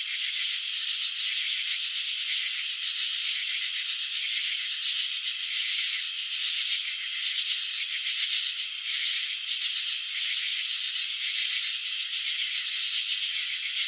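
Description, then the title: Steady cricket chirping: high, grating trills running continuously, with small surges in volume. Crickets chirping, shown in a slow-motion video of wing vibrations and antenna movements. "Crickets in Slow Motion. Capturing the Elegance of Chirping"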